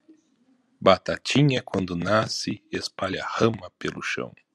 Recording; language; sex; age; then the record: short text; Brazilian Portuguese; male; 40 to 49 years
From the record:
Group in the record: control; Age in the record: 47 years